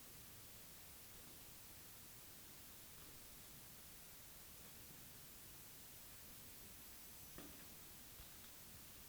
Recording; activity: daily activity, guitar pickup as the sensor; go downstairs